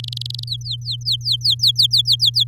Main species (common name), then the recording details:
Domestic Canary. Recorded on 7 May 2018 at 09:53. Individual llb16